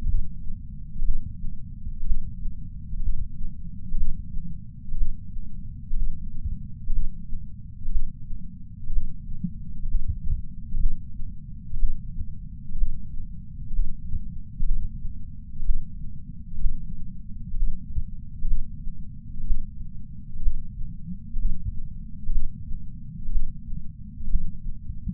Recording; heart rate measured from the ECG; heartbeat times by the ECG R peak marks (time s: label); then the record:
heart sounds by patch sensor on the chest; 62 bpm
0.07 s: heartbeat
1.04 s: heartbeat
2.06 s: heartbeat
3.01 s: heartbeat
3.96 s: heartbeat
4.97 s: heartbeat
5.95 s: heartbeat
6.92 s: heartbeat
7.91 s: heartbeat
8.92 s: heartbeat
9.87 s: heartbeat
10.79 s: heartbeat
11.78 s: heartbeat
12.77 s: heartbeat
13.72 s: heartbeat
14.65 s: heartbeat
15.65 s: heartbeat
16.60 s: heartbeat
17.56 s: heartbeat
18.47 s: heartbeat
19.46 s: heartbeat
20.42 s: heartbeat
21.38 s: heartbeat
22.31 s: heartbeat
23.31 s: heartbeat
24.29 s: heartbeat
From the record:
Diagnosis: coronary artery disease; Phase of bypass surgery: preoperative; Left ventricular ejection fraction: 60.1%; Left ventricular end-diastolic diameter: 44 mm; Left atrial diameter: 36 mm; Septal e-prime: 5.8 cm/s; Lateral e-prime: 7 cm/s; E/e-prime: 8.9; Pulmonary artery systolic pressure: 24 mmHg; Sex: male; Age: 73 years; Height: 168 cm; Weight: 62 kg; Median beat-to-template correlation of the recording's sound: 0.94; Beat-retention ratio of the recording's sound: 0.98